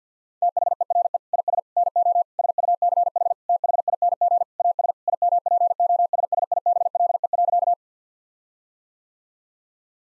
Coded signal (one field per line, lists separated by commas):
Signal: Morse code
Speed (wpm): 50 wpm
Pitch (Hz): 700 Hz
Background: none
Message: THERE IS NO SUCH THING AS IMPOSSIBLE.